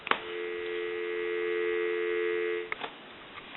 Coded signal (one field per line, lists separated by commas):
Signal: telephone call progress tone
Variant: North America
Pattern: dial tone